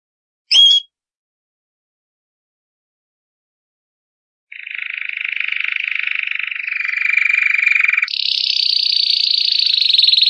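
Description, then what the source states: Canary song, a brief high note, a pause of several seconds, then a long rapid trill that rises in pitch partway through. Champion canary.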